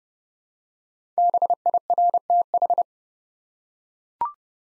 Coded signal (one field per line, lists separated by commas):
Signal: Morse code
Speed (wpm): 30 wpm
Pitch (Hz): 700 Hz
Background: none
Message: BIRTH